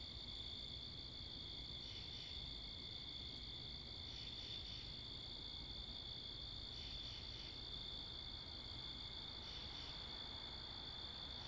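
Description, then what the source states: Crickets trilling in a steady high chorus, with pulsing bursts returning about every two and a half seconds over low rumbling traffic and wind noise. Wakefield, Rhode Island, 10 October 2021, 11:35pm, night; recorded facing northeast with two Rode NTG-3 shotgun mics on a Sound Devices MixPre 10ii; crickets with cars and wind.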